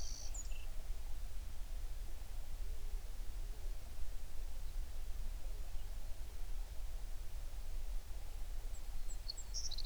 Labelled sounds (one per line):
songbird